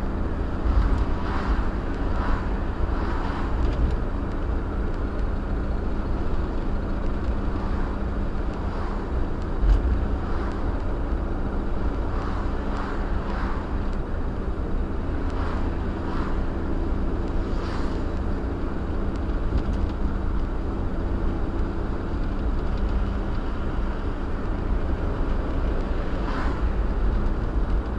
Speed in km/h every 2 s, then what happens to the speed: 56, 56, 58, 58, 58, 56, 58, 56, 56, 56, 55, 55, 58, 60.
0-28 steady at about 56.